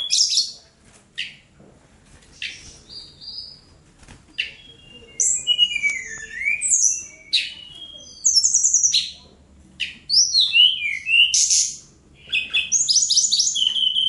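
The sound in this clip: Bird song made of varied high chirps, slurred whistles and buzzy bursts, delivered in separate phrases with short silent gaps between them.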